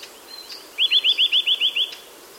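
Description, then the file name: Eurasian nuthatch giving a quick trill of about eight rising, whistled notes, evenly spaced over roughly one second. "Sitta europaea"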